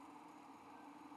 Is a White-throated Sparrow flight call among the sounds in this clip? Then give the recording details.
no. No flight call is heard. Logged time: 01:52 on 5 December 2014